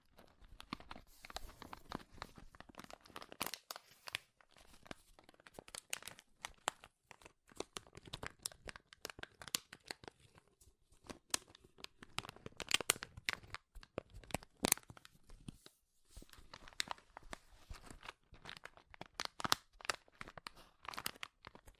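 Dense, irregular crinkling close up in a small room, bright crackles and sharp crunches bursting unevenly throughout, with brief quieter gaps.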